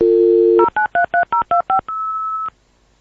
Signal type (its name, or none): DTMF